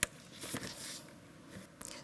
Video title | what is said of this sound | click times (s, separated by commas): How to Replace Power Steering Pump Reservoir with Cap 2001-2007 Volvo V70 | push it till it clicks. | 0.0 s